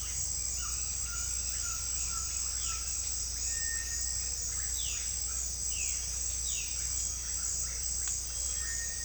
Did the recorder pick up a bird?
yes